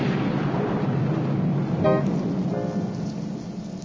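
Two car horn honks cut through a steady wash of rain-like traffic noise: a short, bright blast followed by a longer, softer toot a moment later.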